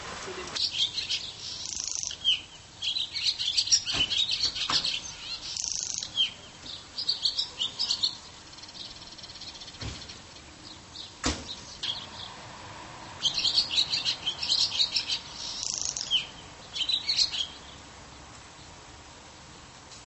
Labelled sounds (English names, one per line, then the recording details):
Barn Swallow song
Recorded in the wild
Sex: male
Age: adult
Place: Linum, Brandenburg, DE
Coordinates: 52.765, 12.87
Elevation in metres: 35
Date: 1999-04-25 12:50
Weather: partly sunny, ca. 17°C
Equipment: Sony MD-WM MZ-R3, Sennheiser MKH 416 T, Kopie Uher 4000 Report Monitor
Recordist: Tembrock, Günter